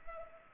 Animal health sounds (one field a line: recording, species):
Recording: mosquito wingbeat signal from an infrared sensor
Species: Culex pipiens